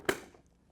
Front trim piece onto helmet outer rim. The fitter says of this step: and it locks in place just like that so now you've got the 3/4 helmet